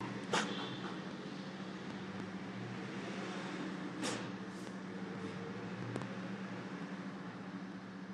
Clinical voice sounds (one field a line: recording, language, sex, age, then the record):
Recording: short text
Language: Brazilian Portuguese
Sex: female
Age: 50 to 59 years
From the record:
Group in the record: control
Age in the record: 56 years